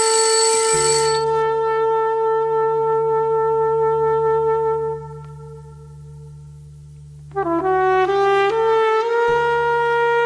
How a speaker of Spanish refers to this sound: Uy, teléfono. Ya sé quién será,